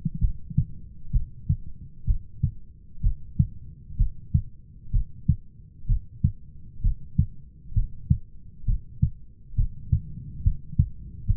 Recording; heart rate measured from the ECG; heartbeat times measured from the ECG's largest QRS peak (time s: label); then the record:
heart sounds by stethoscope; 65 bpm
0.22 s: heartbeat
1.14 s: heartbeat
2.08 s: heartbeat
3.04 s: heartbeat
3.99 s: heartbeat
4.94 s: heartbeat
5.89 s: heartbeat
6.84 s: heartbeat
7.76 s: heartbeat
8.68 s: heartbeat
9.58 s: heartbeat
10.45 s: heartbeat
11.29 s: heartbeat
From the record:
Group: heart failure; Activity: rest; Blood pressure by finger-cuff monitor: 116/81 mmHg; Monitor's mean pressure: 95 mmHg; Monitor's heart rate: 65 bpm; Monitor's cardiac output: 6.4 L/min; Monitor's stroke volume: 101 mL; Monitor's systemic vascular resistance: 1130 dyn s/cm5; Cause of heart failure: idiopathic cardiomyopathy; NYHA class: 1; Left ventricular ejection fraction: 50%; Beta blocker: bisoprolol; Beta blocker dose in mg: 5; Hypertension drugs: candesartan, spironolactone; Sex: male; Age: 54 years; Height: 180 cm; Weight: 94.6 kg